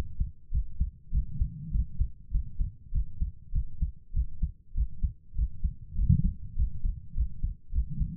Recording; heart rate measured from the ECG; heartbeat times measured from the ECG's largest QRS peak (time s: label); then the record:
heart sounds by stethoscope; 100 bpm
0.50 s: heartbeat
1.10 s: heartbeat
1.70 s: heartbeat
2.30 s: heartbeat
2.91 s: heartbeat
3.51 s: heartbeat
4.12 s: heartbeat
4.73 s: heartbeat
5.34 s: heartbeat
5.94 s: heartbeat
6.54 s: heartbeat
7.13 s: heartbeat
7.71 s: heartbeat
From the record:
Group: healthy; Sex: female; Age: 32 years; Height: 172 cm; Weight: 71.7 kg